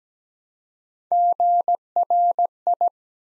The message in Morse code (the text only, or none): GRI